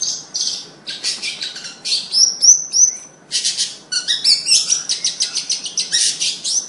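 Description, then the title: Bird song, high and busy, mixing buzzy bursts, thin rising whistles and quick chirps with few pauses. "Kicau Burung"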